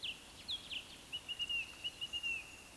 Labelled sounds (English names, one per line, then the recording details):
Eurasian Woodcock whistle
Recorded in Baden-Württemberg, Germany, on 26 May 2020 at 19:42 UTC
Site 45304, 487 m above sea level